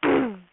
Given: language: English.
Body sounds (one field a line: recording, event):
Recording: throat vibration sensor signal played as sound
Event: throat clearing